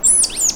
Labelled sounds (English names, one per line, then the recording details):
Stitchbird song
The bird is a male
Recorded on Tiritiri Matangi Island, New Zealand, in 2005
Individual 1, of nest box 1